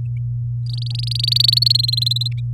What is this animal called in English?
Domestic Canary